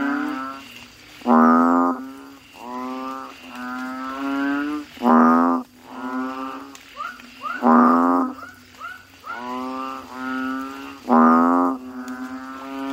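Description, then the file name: Asian common toad calling: rich, buzzy harmonic croaks in an irregular series, a few much louder notes standing out from quieter ones. "suara kodok bangkong"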